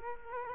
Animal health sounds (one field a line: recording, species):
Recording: mosquito wingbeat signal from an infrared sensor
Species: Culex quinquefasciatus